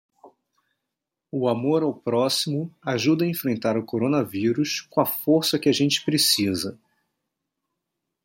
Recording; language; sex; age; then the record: spoken sentence; Brazilian Portuguese; male; 40 to 49 years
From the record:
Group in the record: control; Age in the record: 42 years